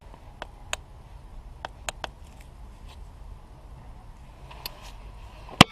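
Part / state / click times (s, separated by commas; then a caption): torque wrench on an engine bolt during timing belt job / torque reached / 5.6 s. A torque wrench set to 15 Nm tightens a bolt on a 1.4 TDI engine during a timing belt replacement. A quiet stretch of faint low rumble carries several small sharp ticks. It ends with one loud, sharp click at 5.6 s as the wrench breaks at its setting.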